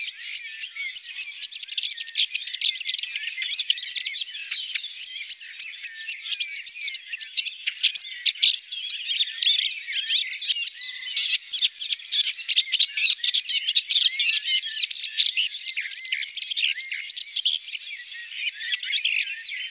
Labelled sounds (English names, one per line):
Red-backed Shrike song